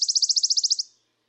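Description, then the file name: Wood warbler song: the tail of a fast, high, shivering trill, under a second long, then silence. "Mathias Ritschard - Penochka-trecshotka Phylloscopus sibilatrix"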